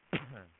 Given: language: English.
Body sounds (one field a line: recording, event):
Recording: throat vibration sensor signal played as sound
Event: cough